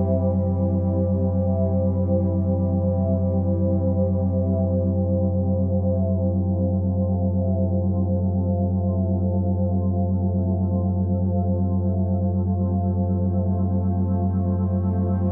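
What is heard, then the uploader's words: A steady low drone built around a 185 Hz tone, pulsing at a quick, even rate of about ten beats per second. The hum stays constant for the whole clip, with a deep bass layer beneath and faint ringing overtones above, like a sustained bowl. Restful Alpha Brain Waves - 10Hz + 185 Hz.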